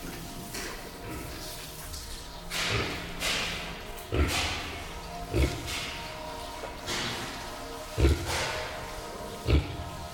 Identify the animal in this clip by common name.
Collared Peccary